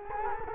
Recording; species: mosquito wingbeat signal from an infrared sensor; Culex quinquefasciatus